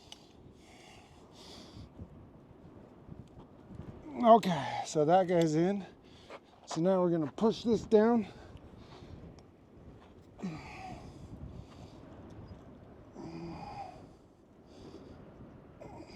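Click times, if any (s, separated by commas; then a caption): none. A rubber tire repair plug on an insertion tool is being handled at a puncture in the tire, ready to be pushed down into it. Someone talks over faint handling noise and a few small ticks. Nothing has seated or popped into place yet.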